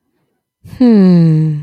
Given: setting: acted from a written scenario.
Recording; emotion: vocal sound without words; contentment